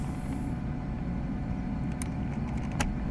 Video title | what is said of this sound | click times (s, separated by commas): Kontak Anahtarını ve Çerçeve Nasıl Sökülür ? - Peugeot 306 GTi - FAN 6 | röle de bak şimdi taktığında çat çat sesi duyacaksınız hemen | 2.0 s, 2.8 s